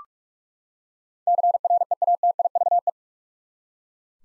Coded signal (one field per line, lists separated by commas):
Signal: Morse code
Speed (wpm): 44 wpm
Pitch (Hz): 700 Hz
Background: none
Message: CREATIVE